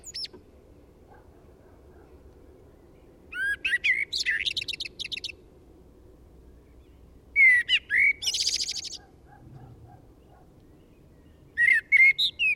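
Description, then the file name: Common blackbird delivering well-spaced song phrases of mellow warbled notes and high chattering squeaks, with long quiet pauses between. "Turdus merula"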